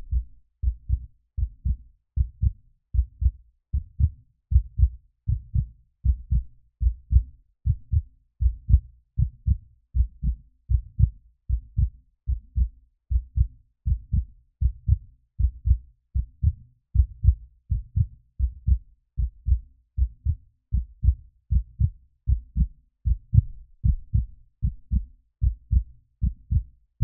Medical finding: Human heart beat.